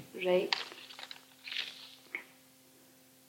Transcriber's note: rustling 7 seconds